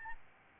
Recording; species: mosquito wingbeat signal from an infrared sensor; Aedes albopictus